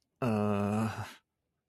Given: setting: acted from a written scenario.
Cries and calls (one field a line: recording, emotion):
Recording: vocal sound without words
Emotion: fear